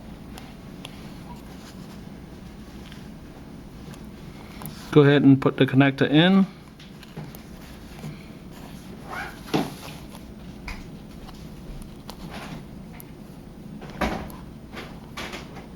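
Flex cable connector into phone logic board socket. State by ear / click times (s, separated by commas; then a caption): not seated / none. During an iPhone 6 Plus cracked-screen repair, the phone's flex cable connector is handled near its logic board socket while someone talks, mostly between about 4.8 and 6.5 seconds. Faint taps and small handling knocks are heard throughout, the sharpest around 9.5, 10.7 and 14.0 seconds. Nothing has seated or clicked yet; the connector has not been pressed home by the end of the clip.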